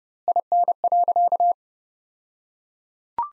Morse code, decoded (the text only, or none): IN.